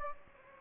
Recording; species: mosquito wingbeat signal from an infrared sensor; Anopheles gambiae